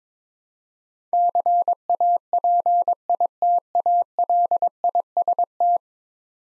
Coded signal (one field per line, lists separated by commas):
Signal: Morse code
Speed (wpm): 22 wpm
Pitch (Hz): 700 Hz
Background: none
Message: CAPITALIST